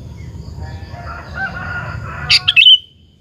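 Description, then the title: Sooty-headed bulbul delivers one quick bubbly phrase at the end, after a rooster crows in the background. "Kutilang"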